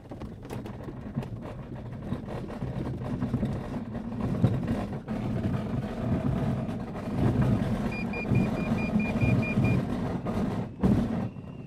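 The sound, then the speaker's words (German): A steady, loud engine drone with a rumbling low end builds during a takeoff roll on runway 30 as a tow plane pulls a glider on a taut tow rope. A short series of high electronic beeps sounds partway through. “Seil stramm, Schleppzug startet auf der 3-0.”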